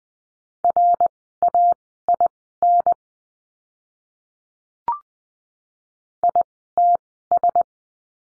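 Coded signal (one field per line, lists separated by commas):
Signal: Morse code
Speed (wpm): 20 wpm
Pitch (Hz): 700 Hz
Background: none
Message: RAIN ITS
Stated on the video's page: Morse lesson drill of words with letter R, Farnsworth timing 20/10 wpm.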